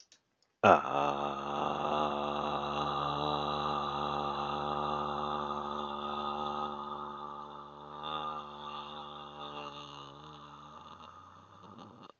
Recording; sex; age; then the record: vowel held as long as possible; male; 40 to 49 years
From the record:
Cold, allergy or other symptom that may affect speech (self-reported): no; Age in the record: 47 years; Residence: Michigan, United States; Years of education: 12